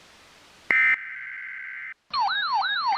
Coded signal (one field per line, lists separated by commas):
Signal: Emergency Alert System (SAME) tones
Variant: header bursts